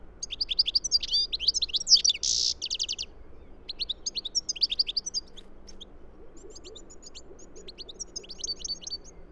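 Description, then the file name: European goldfinch song: a lively burst of twittering notes with a brief buzzy rasp, then softer scattered chirps and thinner twitters fading toward the end. "Carduelis carduelis"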